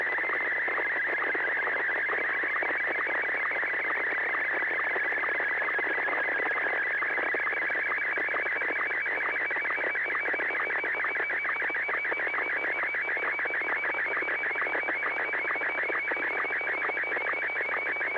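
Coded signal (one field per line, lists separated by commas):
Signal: SSTV (slow-scan television)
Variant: Martin 1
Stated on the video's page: SSTV net exchanging images via the 441.300 MHz FM repeater, using MMSSTV.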